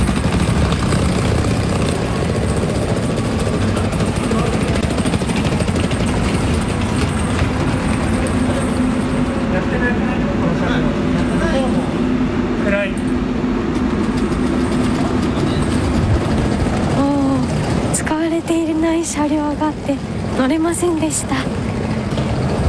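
Busy railway platform ambience with a steady rumble of trains and crowd murmur, punctuated near the end by a few rising tonal squeals and chimes over the constant background noise, heard while changing trains to the adjacent platform during a 10-minute short transfer.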